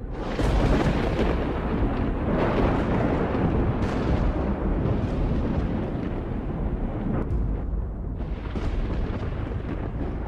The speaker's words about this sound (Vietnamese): Khoảnh khắc tấm lệnh bài được thả vào trong bồn thì một ánh chớp xói lòa chiếu rọi cả không gian. Theo đó là một tiếng sét đinh tai nhức óc giáng trên tầng không.